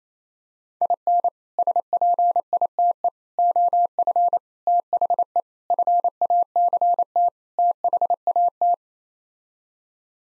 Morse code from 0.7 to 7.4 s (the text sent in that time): IN SPITE OF THE FACT